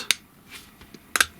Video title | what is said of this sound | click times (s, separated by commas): Transformers Legacy review: Star Saber | and they sort of lock into place | 0.1 s, 1.2 s